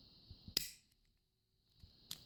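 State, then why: Seated. The white plastic plunger of a car brake light switch is pushed in until it clicks into place. Two sharp clicks are heard, a loud one at 0.6 s and a softer one at 2.1 s, with faint handling noise around them. The plunger is confirmed seated.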